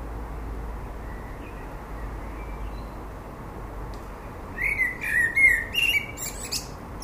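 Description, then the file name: Common blackbird with faint whistles at first, then a clearer short run of mellow fluted notes mixed with high scratchy twitters near the end. "Turdus merula"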